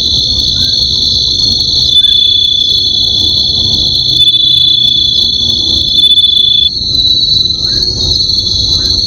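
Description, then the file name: Bell cricket song: unbroken high ringing from overlapping singers, one tone dropping out partway through, over a quiet low rumble. "suzumushi"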